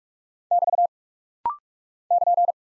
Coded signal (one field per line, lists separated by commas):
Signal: Morse code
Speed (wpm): 44 wpm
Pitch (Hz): 700 Hz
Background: none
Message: <BT> <KN>